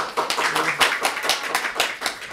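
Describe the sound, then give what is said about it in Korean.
An audience breaks into applause welcoming former KCTU (Korean Confederation of Trade Unions) chairman Kim Myung-hwan, many hands clapping in a dense, steady patter that stays fairly loud throughout with no voices on top. “네, 우리 김명환 전 위원장님 힘차게 박수로 모시겠습니다.”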